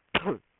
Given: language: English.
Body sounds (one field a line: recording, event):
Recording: throat vibration sensor signal played as sound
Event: cough